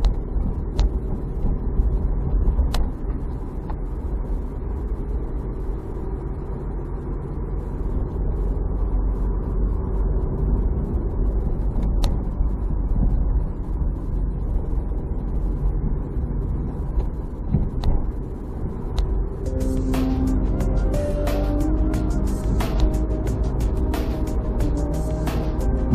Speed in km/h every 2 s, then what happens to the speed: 30, 30, 30, 31, 33, 35, 35, 32, 31, 31, 34, 38, 41.
0-19 steady at about 31. 19-26 speeds up to 41.